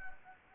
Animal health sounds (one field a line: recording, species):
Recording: mosquito wingbeat signal from an infrared sensor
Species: Anopheles gambiae